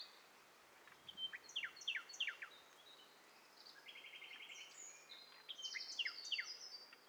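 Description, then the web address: Several birds calling at once: rapid steep downward sweeps in quick runs, a steady buzzy trill, and scattered high chirps overlapping against faint hiss. Mixture of several birds, in stereo, from a bird cocktail party challenge test set. "Hi Fi STEREO BIRD COCKTAIL PARTY Challenge"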